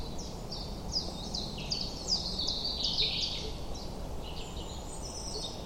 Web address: cianscape birddata Deverinetal 2025 Bird Only Fr Co